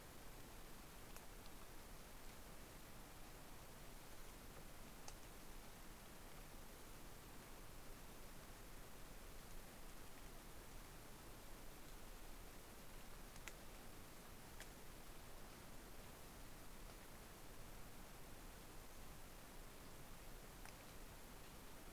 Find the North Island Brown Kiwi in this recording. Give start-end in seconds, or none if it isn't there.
none